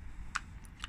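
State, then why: Seated. Two Huawei FreeBuds wireless earbuds are dropped sideways, stalks out, into their plastic charging case and snap into their slots. Sharp clicks land at 0.4 s and 0.8 s, with a fainter high tick at 0.6 s, over a low background hum. Both earbuds are seated in place.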